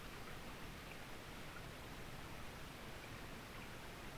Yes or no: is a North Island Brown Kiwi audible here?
no